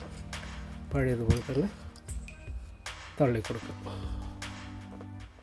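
After cleaning, a desoldering pump is reassembled and its spring-loaded plunger is pushed down toward the cocked latch position, while someone talks over background music. Short knocks and taps are heard around 0.3, 2.0, 2.3, 2.9 and 4.4 seconds. The plunger has not locked into the latch yet.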